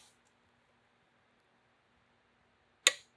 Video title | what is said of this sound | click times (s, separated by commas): DIY Porsche Cayman Oil Change (987.1) Save $400 or more! | you hear that click that means i've hit 37 foot pounds and | 2.9 s